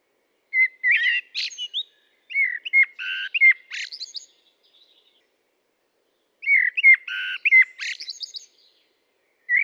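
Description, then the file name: Common blackbird singing several phrases, each a rich fluted warble followed by thin high squeaks, with another phrase just starting at the end. "Turdus merula"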